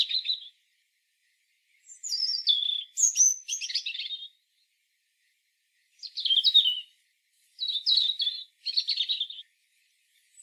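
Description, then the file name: European robin singing short, high, twinkling phrases of rapid varied notes, falling and rising, with silent gaps between them. "Erithacus rubecula"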